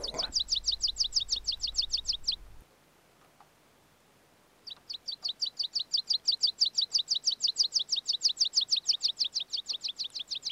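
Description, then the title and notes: Meadow pipit song: a fast run of thin, high, sharply repeated notes, stopping briefly, then resuming in a longer, steady series. "Niittykirvinen. Hannu Jännes. Yle"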